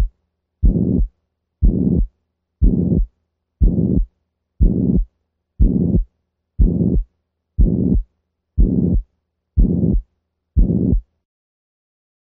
The murmur of degenerative mitral valve disease is typically a relatively high-pitched regurgitant quality murmur. Simulated regurgitant murmur of mitral valve disease.